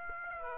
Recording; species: mosquito wingbeat signal from an infrared sensor; Aedes aegypti